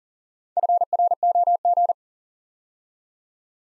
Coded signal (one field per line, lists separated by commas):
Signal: Morse code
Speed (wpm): 40 wpm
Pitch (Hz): 700 Hz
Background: none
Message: FROG